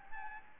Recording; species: mosquito wingbeat signal from an infrared sensor; Anopheles gambiae